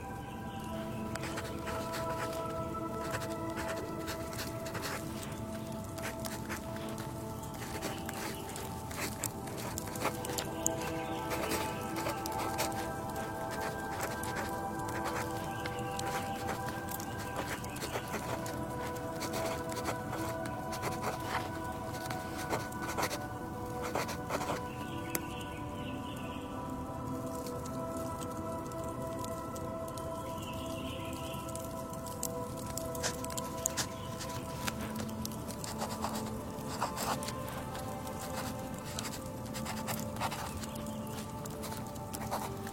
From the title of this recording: The nib of the pen is nimble